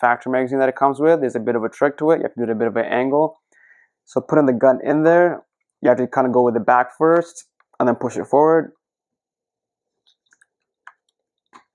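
Someone talks for most of the clip about the trick to fitting the factory magazine into a Savage A17 rifle. From about 10.1 to 11.1 s, faint small contact sounds are heard as the detachable magazine is tilted and inserted back end first into the rifle's magwell, lined up before being pushed forward. Nothing has seated or clicked yet.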